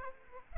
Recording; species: mosquito wingbeat signal from an infrared sensor; Aedes aegypti